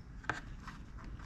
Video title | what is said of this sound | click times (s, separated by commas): Corsair K95 RGB Platinum Disassembly and Keyboard switch Replace.. | you can hear the click | 0.3 s